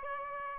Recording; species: mosquito wingbeat signal from an infrared sensor; Aedes albopictus